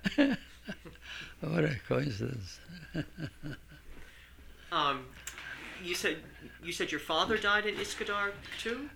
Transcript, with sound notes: Yeah, what a coincidence. (he laughs)
You said, you said your father died at Uskudar, too?